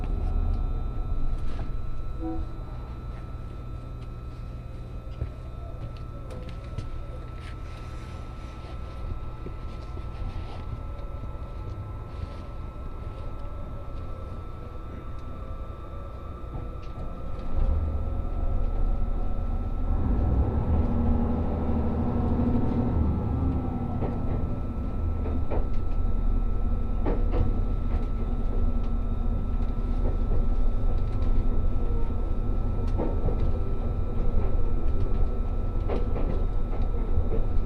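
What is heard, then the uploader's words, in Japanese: Aboard the Resort Shirakami No. 4 train running along the Sea of Japan coast from Ajigasawa, a steady low rumble of wheels and motor fills the clip. Around the 17-second mark the rumble grows louder and rougher, with a brief rising whine near 20 seconds, while faint clicks and a constant thin tone sit in the background. 五能線リゾートしらかみ4号 鯵ヶ沢→深浦。リゾートしらかみ4号は鯵ヶ沢から日本海沿いに走っていきます。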